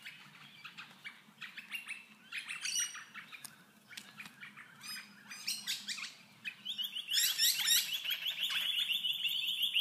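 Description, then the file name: Birds twittering in rapid, high bursts that build and grow louder, ending in a continuous bright chatter. "Tweets"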